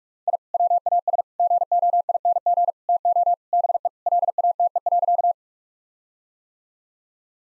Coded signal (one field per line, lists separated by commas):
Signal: Morse code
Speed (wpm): 41 wpm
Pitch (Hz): 700 Hz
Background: none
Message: I WAS GOING TO BE LATE.